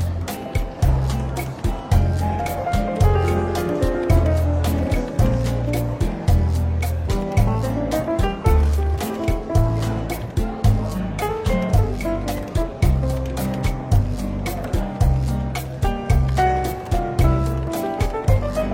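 Soft jazz plays in a bookstore café, with a walking bass, steady light percussion and mellow chords over a faint murmur of activity.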